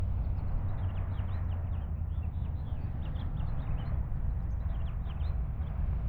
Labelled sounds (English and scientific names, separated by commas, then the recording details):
House Finch (Haemorhous mexicanus) song
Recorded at Wantagh on Long Island, New York, on 21 May 1975
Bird D